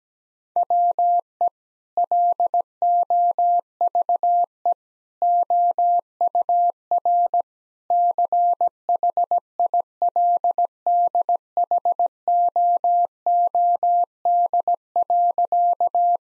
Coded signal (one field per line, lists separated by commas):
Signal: Morse code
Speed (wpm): 17 wpm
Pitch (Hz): 700 Hz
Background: none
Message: WE LOVE OUR CHILDHOOD.